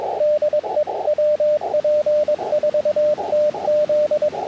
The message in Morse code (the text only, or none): DE WP4TZ